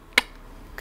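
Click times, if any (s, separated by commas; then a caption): 0.2 s. A rotating flash/gear mount is twisted all the way around into its locked grip position. A sharp, bright click at 0.2 s marks it seating fully, followed by a fainter tick near 0.8 s. The mount is locked and gripping.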